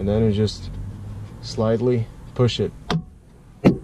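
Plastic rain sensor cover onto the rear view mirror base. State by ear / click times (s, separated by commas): seated / 2.9 s, 3.7 s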